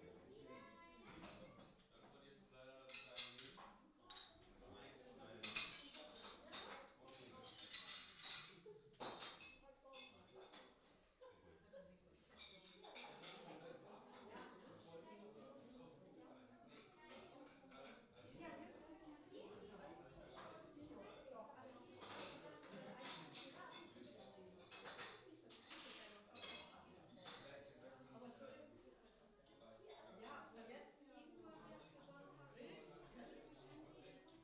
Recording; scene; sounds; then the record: everyday scene through a hearing-aid microphone; many people talking; many voices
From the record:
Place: parish hall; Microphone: in the ear canal, left